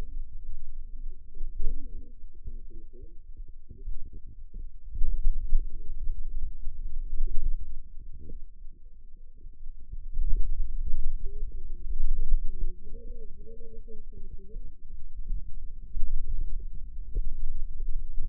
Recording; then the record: forearm muscle sounds (acoustic myography)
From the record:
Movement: finger pinch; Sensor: system 2, bracelet of six BSWA MPA416 microphones around the upper forearm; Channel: 6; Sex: female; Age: 21 years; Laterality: right